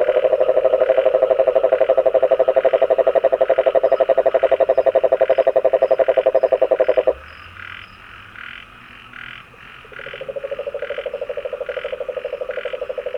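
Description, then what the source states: Frog giving a fast pulsed trill for about seven seconds, a short pause with faint low rumbling, then the trill starting again more quietly. Recorded 26 February 2022.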